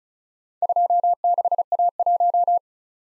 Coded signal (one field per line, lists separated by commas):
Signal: Morse code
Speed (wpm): 35 wpm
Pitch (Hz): 700 Hz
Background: none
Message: 26A1